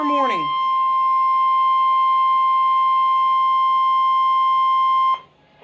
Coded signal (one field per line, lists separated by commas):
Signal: Emergency Alert System (SAME) tones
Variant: 1050 Hz attention tone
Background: speech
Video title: (EAS) Severe Thunderstorm Warning